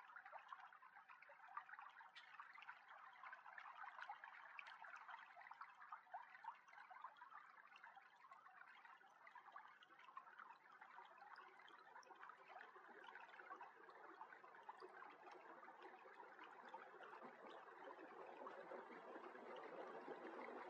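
Flowing water rushes and gurgles in a steady, dense stream, with quick splashy flickers throughout and a slight rise in low churning toward the end.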